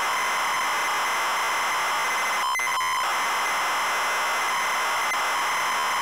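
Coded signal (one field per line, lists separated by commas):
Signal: ZX Spectrum tape loading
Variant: ZX Spectrum +2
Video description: Double Dragon - Zx Spectrum +2 (Full Cassette Tape Loading & Gameplay) / To skip the loading and go to the main game 11:30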